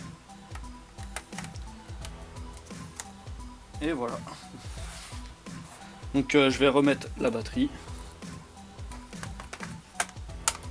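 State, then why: Seated. After a hard drive is swapped for an SSD, a removable laptop battery pack is put back into its bay and its latch is slid to lock it because it was not locked. Over background music, someone talks between light taps and handling sounds, then two sharp clicks at 10.0 s and 10.5 s mark the battery seating and the latch locking. The battery is seated and relocked.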